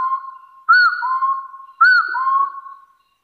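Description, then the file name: Hill partridge giving two phrases, each an arched whistle followed by a lower, slowly rising note. "Tieng ga so nui"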